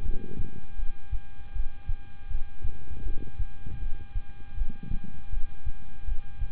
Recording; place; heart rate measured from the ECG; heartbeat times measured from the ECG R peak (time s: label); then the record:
heart sounds by stethoscope; between the tricuspid and mitral areas; 80 bpm
0.03 s: heartbeat
0.76 s: heartbeat
1.53 s: heartbeat
2.28 s: heartbeat
3.03 s: heartbeat
3.79 s: heartbeat
4.55 s: heartbeat
5.30 s: heartbeat
6.05 s: heartbeat
From the record:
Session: rest, lying down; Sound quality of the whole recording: good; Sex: male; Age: 26 years